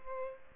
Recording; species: mosquito wingbeat signal from an infrared sensor; Aedes aegypti